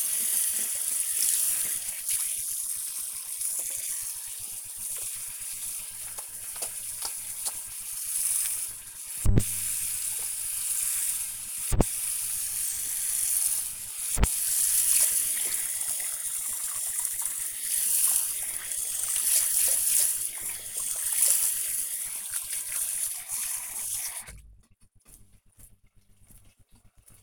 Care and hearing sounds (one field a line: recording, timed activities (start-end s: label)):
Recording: household activities, microphone on the right wrist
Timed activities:
0.00-27.23 s: washing hands